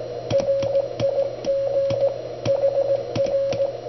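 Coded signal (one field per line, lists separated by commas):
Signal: Morse code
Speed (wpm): 19 wpm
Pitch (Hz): 550 Hz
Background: radio noise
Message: RIG HR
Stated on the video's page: Begali CW Machine sending, demonstrating its electronic version of the radiotelegraph "mill" used to copy CW off the air.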